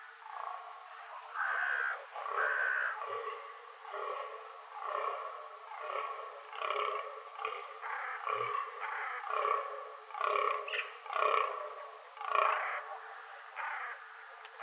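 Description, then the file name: Common raven calls: a long run of hoarse, harmonic croaks, roughly one per second. Ravens recorded in Schorfheide on 7 November 2015. "Kolkraben und Damhirsch Schorfheide"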